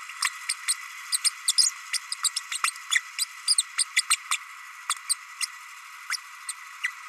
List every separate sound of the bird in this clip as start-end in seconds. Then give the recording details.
0.22-0.30, 0.48-0.54, 0.68-0.74, 1.12-1.19, 1.24-1.31, 1.47-1.53, 1.57-1.71, 1.93-1.98, 2.24-2.30, 2.36-2.39, 2.51-2.59, 2.63-2.72, 2.90-3.00, 3.18-3.25, 3.47-3.54, 3.58-3.63, 3.77-3.84, 3.96-4.03, 4.10-4.17, 4.30-4.37, 5.09-5.16, 5.41-5.46, 6.09-6.17, 6.48-6.53, 6.83-6.89. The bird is a male. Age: 30 days. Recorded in a nest box in Venezuela. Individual 17B32A6